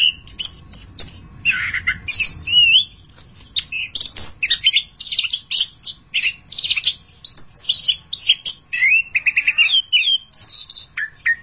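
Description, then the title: Thrush singing a long, busy sequence of sharp high whistles, trills and buzzy notes, phrases changing constantly with almost no gaps. "burung anis x"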